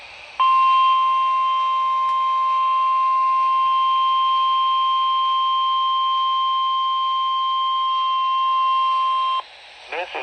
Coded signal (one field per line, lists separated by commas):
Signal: Emergency Alert System (SAME) tones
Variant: 1050 Hz attention tone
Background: speech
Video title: Required Weekly Test EAS #1 #weather